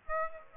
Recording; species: mosquito wingbeat signal from an infrared sensor; Aedes aegypti